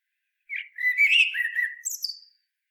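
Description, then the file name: Common blackbird song phrase, a short opening note followed by rich melodious fluting and a sharp high-pitched twitter at the close. "Turdus merula"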